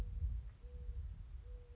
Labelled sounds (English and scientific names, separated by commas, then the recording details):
Mourning Dove (Zenaida macroura)
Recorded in Sonoma County, California